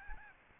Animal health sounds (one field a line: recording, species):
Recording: mosquito wingbeat signal from an infrared sensor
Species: Aedes albopictus